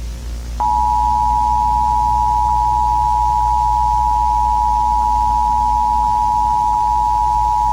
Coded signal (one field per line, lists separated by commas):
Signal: Emergency Alert System (SAME) tones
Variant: 853 and 960 Hz attention tone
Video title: Eas scenario requested by @nwirailfan422 ￼￼